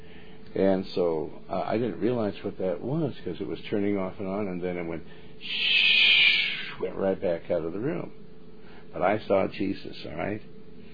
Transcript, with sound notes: And so I didn't realize what that was 'cause it was turning off and on, and then it went (mouths whooshing sound) right back out of the room. But I saw Jesus, all right?